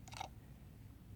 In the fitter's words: plug that in snaps right into place